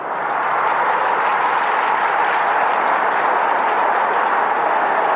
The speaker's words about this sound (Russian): Из кулис выбежал распорядитель, взмахнул руками, и театр разразился аплодисментами.